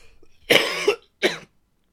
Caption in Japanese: 咳してるじゃないですか。 先週、そのコロナにかかり。 コロナウイルスね、初めてかかったんだよ。 ワクチンしてたけど2年前ぐらいでもう全然効いてないんだよね。